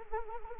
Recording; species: mosquito wingbeat signal from an infrared sensor; Anopheles arabiensis